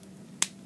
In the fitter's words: There we are, and it actually will snap. You can hear it snap.